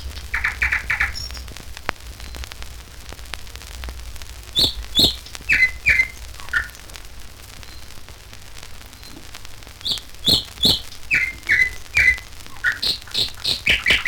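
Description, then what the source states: Nightingale song: varied phrases of loud whistles, clicks and rapid trills in bursts around mid-high pitch, with pauses between, over steady background hiss and clicks. Recorded in nature.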